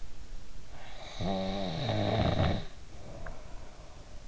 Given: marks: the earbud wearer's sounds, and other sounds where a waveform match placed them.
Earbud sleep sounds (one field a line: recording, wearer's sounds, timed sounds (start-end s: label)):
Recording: sounds in sleep by an in-ear microphone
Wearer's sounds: snoring breath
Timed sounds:
0.73-4.19 s: snoring breath